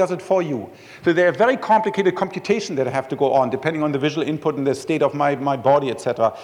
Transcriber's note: none